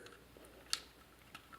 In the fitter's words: these two ports and it'll just lock into place it's just an additional um connector you don't